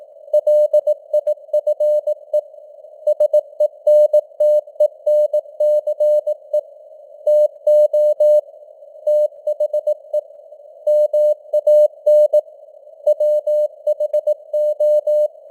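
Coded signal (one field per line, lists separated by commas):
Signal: Morse code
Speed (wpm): 18 wpm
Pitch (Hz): 600 Hz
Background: none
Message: LIFE SENTENCE TO THE MAN WHO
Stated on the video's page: Morse news headlines at 18 wpm with simulated radio noise and varying signal strength (QSB).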